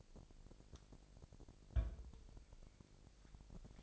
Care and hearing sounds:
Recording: daily activity, microphone in the room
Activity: place on stove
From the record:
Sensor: 5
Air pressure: 999.5 hPa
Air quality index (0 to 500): 218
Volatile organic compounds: 19 ppm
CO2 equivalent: 2668 ppm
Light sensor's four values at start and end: 30/67/28/27 and 29/66/27/27

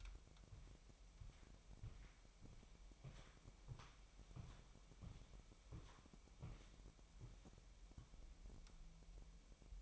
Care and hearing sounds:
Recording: daily activity, microphone in the room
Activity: walk to room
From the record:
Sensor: 1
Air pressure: 1002.0 hPa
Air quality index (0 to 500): 247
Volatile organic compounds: 52 ppm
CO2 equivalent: 3319 ppm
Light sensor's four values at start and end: 7/17/7/8 and 7/16/6/7

